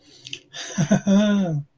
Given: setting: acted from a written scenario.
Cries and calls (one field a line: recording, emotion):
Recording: vocal sound without words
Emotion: amusement